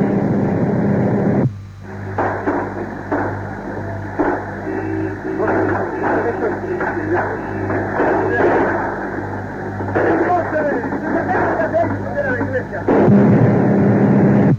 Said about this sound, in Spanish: Tomando fuerza aquí, se va a hacer más de 2.000 tiros ya, cambio. A ver, este fuego que ha sido al aire, cambio.